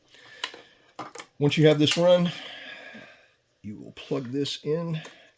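An amplifier wiring harness connector for an Elite amp from Electrical Connection is handled near its mating plug on a 2018+ Honda Goldwing motorcycle's audio harness, with brief light taps and rattles around 0.4 s and 1.2 s while someone talks. Nothing has seated or clicked yet; the connector is not yet plugged in when the clip ends.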